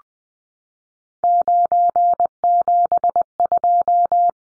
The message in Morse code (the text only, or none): 972